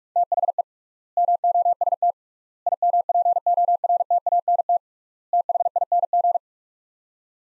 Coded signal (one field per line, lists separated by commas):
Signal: Morse code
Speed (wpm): 41 wpm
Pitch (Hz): 700 Hz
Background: none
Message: THE MOST IMPORTANT THING